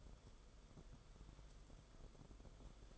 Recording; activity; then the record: daily activity, microphone in the room; take from stove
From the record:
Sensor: 5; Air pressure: 994.5 hPa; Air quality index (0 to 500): 188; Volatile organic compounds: 1000 ppm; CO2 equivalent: 5526 ppm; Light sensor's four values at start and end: 44/132/52/57 and 44/135/53/58